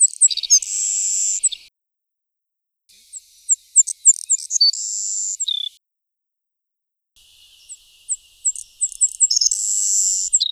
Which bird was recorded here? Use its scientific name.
Passerculus sandwichensis